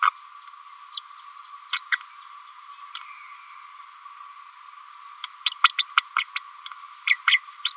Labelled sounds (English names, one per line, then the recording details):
Green-rumped Parrotlet babbling
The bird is a female
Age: 30 days
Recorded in a nest box in Venezuela
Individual 17B102A6